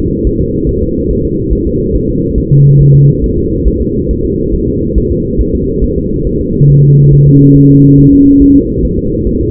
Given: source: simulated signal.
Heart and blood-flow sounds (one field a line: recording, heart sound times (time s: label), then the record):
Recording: fetal heart sounds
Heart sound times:
0.27 s: S1
0.41 s: S2
0.69 s: S1
0.83 s: S2
1.11 s: S1
1.25 s: S2
1.53 s: S1
1.67 s: S2
1.95 s: S1
2.09 s: S2
2.38 s: S1
2.52 s: S2
2.81 s: S1
2.95 s: S2
3.24 s: S1
3.38 s: S2
3.68 s: S1
3.82 s: S2
4.11 s: S1
4.25 s: S2
4.54 s: S1
4.68 s: S2
4.98 s: S1
5.12 s: S2
5.41 s: S1
5.55 s: S2
5.84 s: S1
5.98 s: S2
6.27 s: S1
6.41 s: S2
6.70 s: S1
6.84 s: S2
7.13 s: S1
7.27 s: S2
7.57 s: S1
7.71 s: S2
7.99 s: S1
8.13 s: S2
8.42 s: S1
8.56 s: S2
8.85 s: S1
8.99 s: S2
9.27 s: S1
9.41 s: S2
From the record:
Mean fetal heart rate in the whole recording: 140 bpm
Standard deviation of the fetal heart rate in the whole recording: 2 bpm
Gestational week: 34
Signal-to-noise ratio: -10.2 dB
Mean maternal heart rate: 72 bpm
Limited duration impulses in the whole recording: present